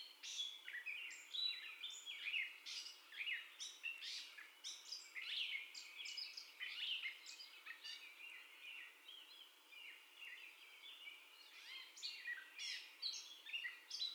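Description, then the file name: Gray catbird singing a varied, jumbled stream of squeaks, chatters and slurred whistles, phrases following closely with short dips in between. First song, recorded 30 May 2021. "2021-05-30 Catbird First Song"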